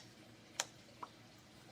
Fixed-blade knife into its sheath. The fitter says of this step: pop right at the end that keeps it nice and snug in there,